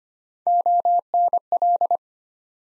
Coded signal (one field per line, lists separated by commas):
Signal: Morse code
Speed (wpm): 25 wpm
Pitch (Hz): 700 Hz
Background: none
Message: ONL